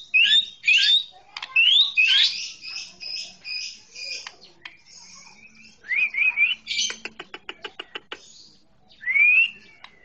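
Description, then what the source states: Oriental magpie-robin song: rising whistled slurs and harsh scratchy notes, then a rapid rattle of clicks, then a final upslurred whistle. Chirping song.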